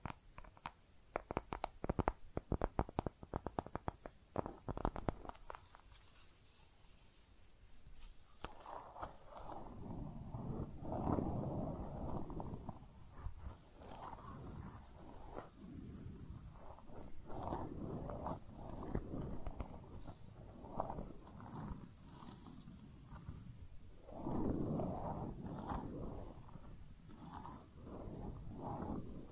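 Makeup is tapped and scratched, opening with a quick run of sharp, dry taps for about five seconds. After a sparse pause, dense soft scratching and rubbing takes over from about eight seconds on, rising and falling in low swells with occasional faint clicks.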